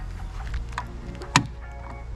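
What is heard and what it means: A flathead screwdriver or pry tool is inserted at the plastic trim tabs in the tail light area of a 2019 Kia Sedona minivan and pried, with a faint tonal background and a softer tap around 0.8 s. A sharp, bright click sounds at 1.4 s as the trim tab is released and clicks free.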